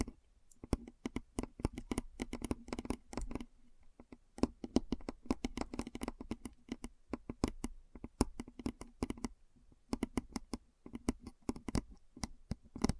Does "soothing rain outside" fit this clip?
no